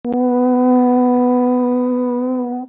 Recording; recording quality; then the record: sustained vowel as in boot; excellent, no background noise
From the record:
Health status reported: healthy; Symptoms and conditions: none ticked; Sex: female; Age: 44 years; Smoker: not ticked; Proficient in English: yes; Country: India